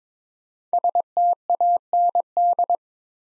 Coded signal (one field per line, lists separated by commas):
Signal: Morse code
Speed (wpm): 22 wpm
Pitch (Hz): 700 Hz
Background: none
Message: STAND